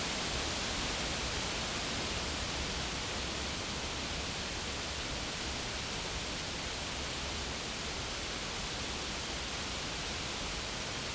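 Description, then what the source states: Insect produces a continuous, very high whine with a few brief dips, wavering gently in loudness throughout. Insects in a field.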